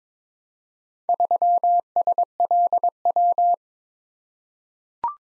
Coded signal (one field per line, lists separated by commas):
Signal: Morse code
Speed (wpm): 22 wpm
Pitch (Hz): 700 Hz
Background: none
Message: 3SLW